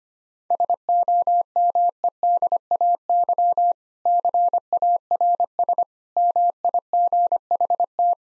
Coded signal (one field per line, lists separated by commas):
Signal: Morse code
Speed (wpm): 25 wpm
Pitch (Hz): 700 Hz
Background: none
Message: SOMEDAY CARS MIGHT